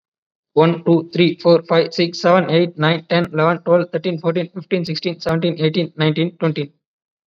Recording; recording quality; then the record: counting at a fast pace; excellent, no background noise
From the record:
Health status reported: COVID-19 positive, mild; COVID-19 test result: positive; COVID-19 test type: rapid antigen test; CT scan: not taken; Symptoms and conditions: cough, sore throat, fever, fatigue, muscle pain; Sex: male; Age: 30 years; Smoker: yes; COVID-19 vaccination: both doses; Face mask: worn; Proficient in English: yes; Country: India